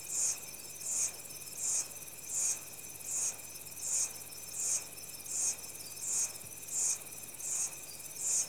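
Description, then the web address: Massed insects produce evenly spaced shrill bursts, about eighty per minute, riding on an unbroken high drone with a steady buzzing band underneath. Insects in tropical rainforest, Central African Republic, early evening. "CENTRAL AFRICA REPUBLIC- Insects, early evening, tropical rainforest. Sound Effects Library-30 (Africa- The Natural World)"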